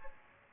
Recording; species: mosquito wingbeat signal from an infrared sensor; Aedes aegypti